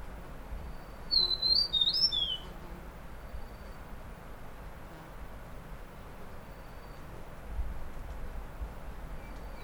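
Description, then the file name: Huet's fulvetta song: one short, high, warbled whistled phrase, then quiet low hiss with a few faint notes. Song recorded at Dai Yun Shan, Fujian, China, on 8 May 2012. "Huets Fulvetta Song 120508 Fujian Dai Yun Shan"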